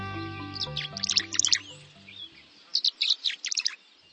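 Tree Swallow calls, a burst of bright twittering chirps, a pause, then another cluster of liquid high notes; low tonal hum underneath at the start.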